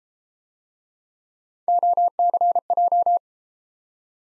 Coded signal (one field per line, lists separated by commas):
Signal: Morse code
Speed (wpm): 35 wpm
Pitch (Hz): 700 Hz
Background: none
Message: OCJ